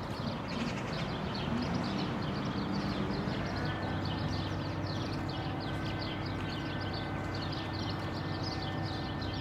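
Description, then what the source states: Birds chirp busily while machinery rumbles and a steady mechanical hum drones beneath them. Birds outdoors mixed with construction machinery.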